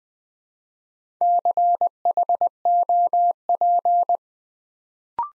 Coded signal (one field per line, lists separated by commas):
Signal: Morse code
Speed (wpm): 20 wpm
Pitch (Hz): 700 Hz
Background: none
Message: CHOP